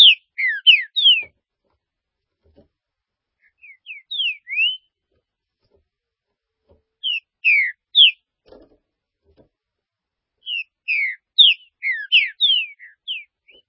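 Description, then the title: Green-winged saltator giving repeated phrases of bright, slurred whistles, mostly downslurred with a few rising notes, spaced by short silences. "Trinca Ferro"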